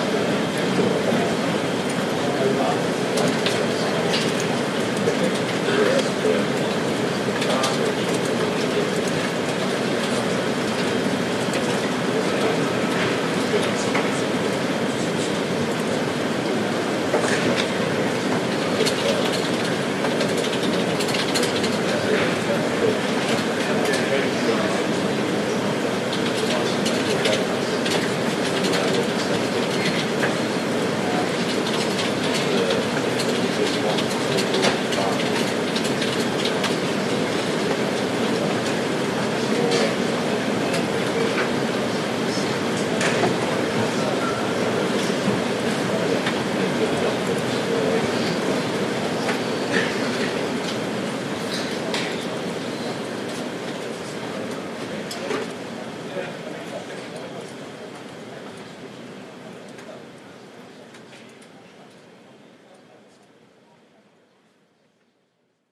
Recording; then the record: background sound without coughing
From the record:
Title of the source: Office Sounds Ambience - Background Noise for Study and Work